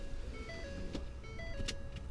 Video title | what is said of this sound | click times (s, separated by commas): 7033 Pre trip | check your seat belt out pull it across your body make sure it clicks | 1.7 s